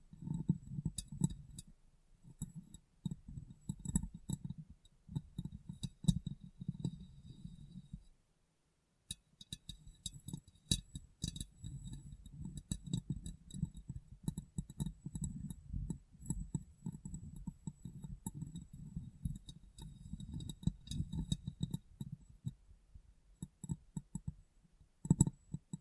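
Fingers tap and rub on glass in quick, uneven bursts of soft knocks and light clicks, with occasional brighter ticks on top. The activity runs almost continuously except for a short silent gap around eight to nine seconds, then resumes at a similar pace.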